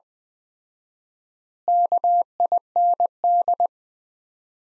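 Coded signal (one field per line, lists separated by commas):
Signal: Morse code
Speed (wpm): 20 wpm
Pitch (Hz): 700 Hz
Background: none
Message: KIND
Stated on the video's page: Morse practice at 20 wpm: sentences from the top 200 words with 4x standard word spacing, a word-level analogue of Farnsworth spacing.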